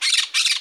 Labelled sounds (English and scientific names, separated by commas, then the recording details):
Brown-throated Parakeet (Eupsittula pertinax) contact call
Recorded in Margarita